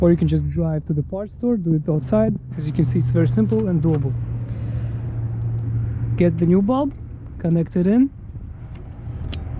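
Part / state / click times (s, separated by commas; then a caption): headlight bulb into wiring harness connector / seated / 9.3 s. Someone talks over a steady low hum while a new headlight bulb for a 2014-2018 Toyota Camry is pushed into its plastic wiring harness connector. A sharp click at 9.3 s marks the bulb seating in the connector.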